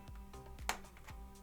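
A new power supply's connector is plugged into the console board of a Sony PlayStation 4 Slim during a no-power repair, against a steady background hum with faint soft taps. A sharp click at 0.7 s marks the connector seating, and it is confirmed in place.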